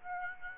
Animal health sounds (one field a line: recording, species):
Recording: mosquito wingbeat signal from an infrared sensor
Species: Aedes aegypti